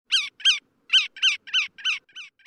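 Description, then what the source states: Bar-tailed Godwit calling a series of short, harsh, nasal notes, the last ones fainter, in otherwise quiet surroundings. Heard at the mouth of the Nome River, Nome, Alaska, on June 12th.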